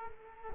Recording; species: mosquito wingbeat signal from an infrared sensor; Culex quinquefasciatus